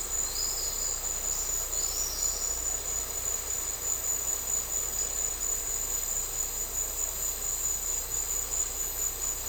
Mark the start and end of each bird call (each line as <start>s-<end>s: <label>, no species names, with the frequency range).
0.21s-0.91s: bird call (3.2-5.4 kHz)
1.73s-2.42s: bird call (3.3-6.2 kHz)